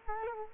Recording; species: mosquito wingbeat signal from an infrared sensor; Culex quinquefasciatus